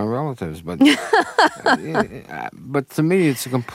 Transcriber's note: laughing